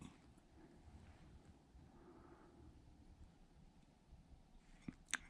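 An outer bearing race for a TTB Dana 44 is driven into a steel hub or knuckle bore with metallic taps. After a quiet stretch, there is a faint tap at about 4.9 s and a sharp strike at 5.1 s, with louder noise at the very end. The race is still not fully seated after the last strike.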